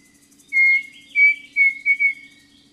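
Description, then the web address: Pavonine cuckoo singing a series of clear whistled notes: one drawn-out note, then several shorter ones in quick succession, with a faint low hum beneath. Song; eastern lowlands of South America. "Natures Songs S America Eastern Lowlands Dromococcyx pavoninus, song"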